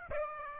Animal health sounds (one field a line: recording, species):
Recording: mosquito wingbeat signal from an infrared sensor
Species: Aedes aegypti